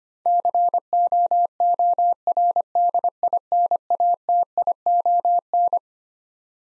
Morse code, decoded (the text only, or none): COORDINATION